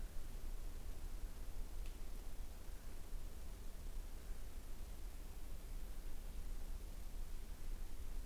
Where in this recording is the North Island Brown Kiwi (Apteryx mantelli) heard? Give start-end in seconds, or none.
0.00-8.26